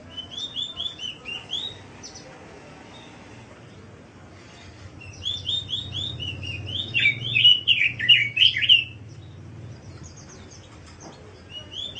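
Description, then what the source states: Bird singing rapid high twittering phrases, pausing, then returning with a louder, denser tumbling run of chirps. Labelled masteran.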